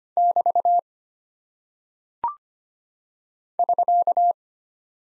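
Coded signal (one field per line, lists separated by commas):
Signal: Morse code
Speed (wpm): 25 wpm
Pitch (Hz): 700 Hz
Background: none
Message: <BT> <SK>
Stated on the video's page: Morse practice drill of punctuation and prosign characters at 25 wpm, each character sent, spoken, then sent again for head-copy.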